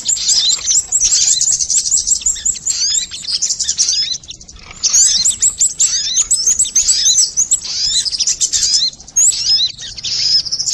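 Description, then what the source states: Crimson sunbird singing a long, nearly continuous stream of high, thin chittering notes with quick upslurred whistles, broken by a brief pause midway. Song in the "labaik" style.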